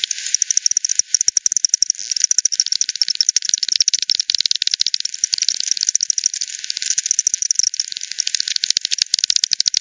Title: bat 20201007 T 18 : 10 Z-Hogsmill-Lane-Hogsmill-River-multiple-bats-FD 10